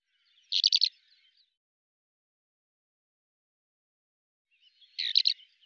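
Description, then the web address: Bird calling with two short bursts of rapid, high chirps, the second burst coming about four seconds after the first, with silence between. "Deverinetal 2025 File cleaned normalized Bird Al Ar"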